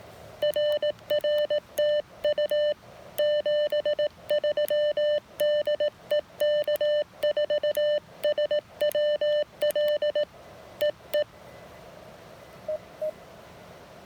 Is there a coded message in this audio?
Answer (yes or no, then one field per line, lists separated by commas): yes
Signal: Morse code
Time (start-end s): 0.4-13.1 s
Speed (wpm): 18 wpm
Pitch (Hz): 590 Hz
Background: none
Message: RR TU 73 DE K4SWL EE EE